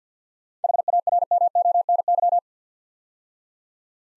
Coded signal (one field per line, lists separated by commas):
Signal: Morse code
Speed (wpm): 52 wpm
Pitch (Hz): 700 Hz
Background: none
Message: HARMONY